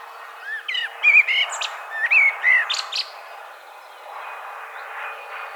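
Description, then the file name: Common blackbird song phrase of mellow, warbled whistles with a few sharp high notes, followed by a quieter stretch with a faint background hiss. "Turdus merula"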